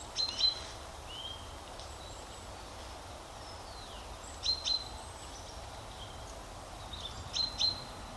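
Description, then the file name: Common chaffinch calls: three bursts of paired, sharp high notes spaced several seconds apart, with soft sliding chirps from other birds and steady background hiss. "Fringilla coelebs"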